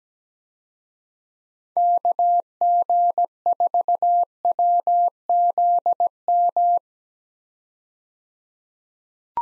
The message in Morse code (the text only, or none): KG4WZM